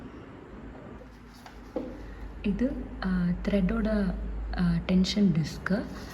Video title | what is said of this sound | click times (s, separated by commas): Tailoring Lessons in Tamil (Episode 1) - Learn How to Use Your Sewing Machine | நம்ம pressure ஃபுட்டுக்கு அடியில் த்ரெட்டை கொண்டு வந்து இந்த கேஸை வச்சு க்ளோஸ் பண்ணிட்டோம்னா லாக் ஆகிடும். | 1.8 s